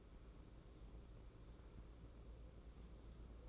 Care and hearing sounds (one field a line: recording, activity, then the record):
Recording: daily activity, microphone in the room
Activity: take from stove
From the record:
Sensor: 1